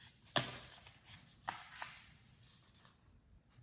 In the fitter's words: step one that's it's just slide it in until you hear a click so